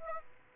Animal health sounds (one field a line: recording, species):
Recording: mosquito wingbeat signal from an infrared sensor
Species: Aedes aegypti